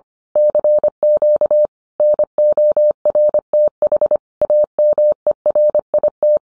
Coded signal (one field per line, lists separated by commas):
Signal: Morse code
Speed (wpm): 25 wpm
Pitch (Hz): 600 Hz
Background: none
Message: CQ NORTH AMERIT